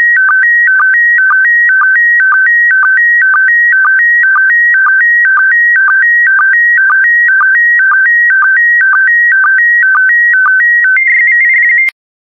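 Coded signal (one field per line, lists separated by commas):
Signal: SSTV (slow-scan television)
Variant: PD120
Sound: steady warbling tones alternating between two pitches, with a short low blip about twice a second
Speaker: complete. You can now check your decoded image against the picture that is shown on the video.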